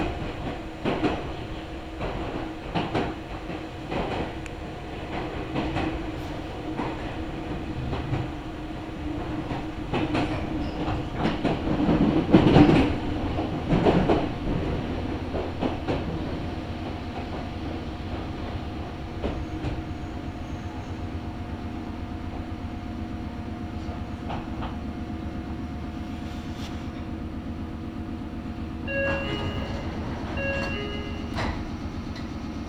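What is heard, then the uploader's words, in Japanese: A local Meitetsu Kakamigahara Line train runs with a steady low rumble and rhythmic clacks, loudest around twelve seconds, with tonal beeps near thirty. 名古屋鉄道各務原線 新加納→犬山 普通列車。だいぶ日も西に傾いてきた頃です。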